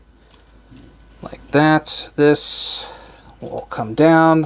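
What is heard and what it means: A plastic folding section of a Transformers Legacy United Beast Wars Universe Magmatron action figure is being handled while someone talks, with faint handling sounds between the words. The panel has not yet snapped down into place, and nothing has seated or clicked by the end of the clip.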